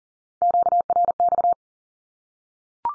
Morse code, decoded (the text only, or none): QRX